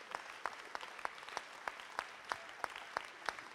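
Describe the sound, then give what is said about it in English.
A church audience applauds the graduates as they have their photos taken with their certificates, a steady dense wash of clapping with sharper individual claps standing out at a fairly regular rhythm, moderately loud and with no voices on top. “Let's give all these graduates one final applause as they get their photos taken with their certificates.”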